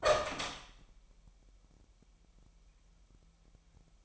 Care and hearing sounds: daily activity, microphone in the room; open door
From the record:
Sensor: 1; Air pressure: 998.5 hPa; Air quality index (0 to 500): 130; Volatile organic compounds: 4 ppm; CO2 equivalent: 1550 ppm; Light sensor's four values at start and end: 19/63/25/26 and 19/63/25/26

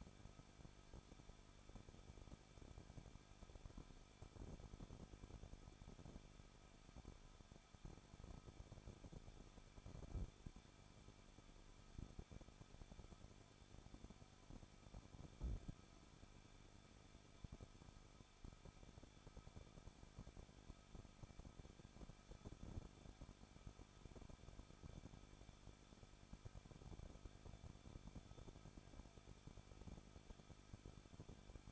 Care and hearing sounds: daily activity, microphone in the room; no activity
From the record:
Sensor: 5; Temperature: 20.9 degrees Celsius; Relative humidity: 38.3%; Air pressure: 1006.4 hPa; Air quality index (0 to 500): 189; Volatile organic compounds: 19 ppm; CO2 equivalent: 2662 ppm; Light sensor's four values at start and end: 2/3/1/1 and 2/3/1/1

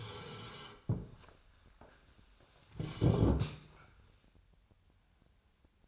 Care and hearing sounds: daily activity, microphone in the room; sit down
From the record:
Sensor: 2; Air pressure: 1015.1 hPa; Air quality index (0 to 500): 157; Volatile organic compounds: 7 ppm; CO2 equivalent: 2032 ppm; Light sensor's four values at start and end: 13/36/14/16 and 11/29/12/13

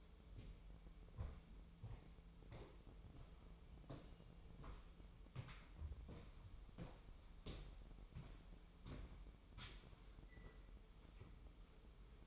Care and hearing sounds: daily activity, microphone in the room; walk to room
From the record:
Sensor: 1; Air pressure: 988.3 hPa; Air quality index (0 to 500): 198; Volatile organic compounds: 1000 ppm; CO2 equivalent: 5302 ppm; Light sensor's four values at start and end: 26/97/37/39 and 26/96/36/38

